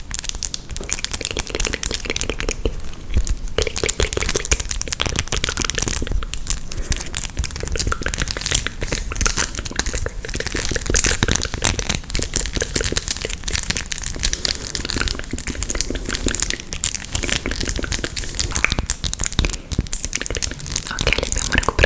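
Very long fingernails make dense, continuous ASMR crinkling and crackling, with rapid tapping-like clicks and scratchy textures running steadily throughout.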